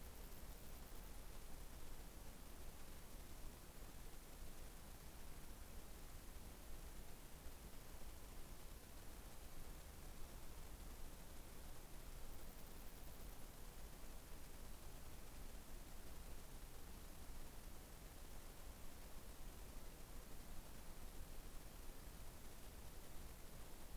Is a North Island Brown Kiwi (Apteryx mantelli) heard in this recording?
no